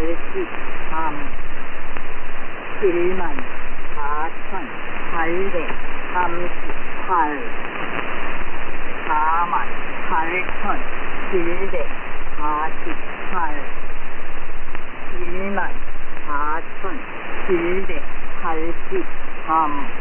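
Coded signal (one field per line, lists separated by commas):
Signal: numbers station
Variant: V24, Korean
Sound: a voice reading Korean numbers in groups, with short pauses, over radio hiss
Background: radio static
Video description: Korean language numbers station V24 with a new voice on 6215 kHz, transmitted in AM mode.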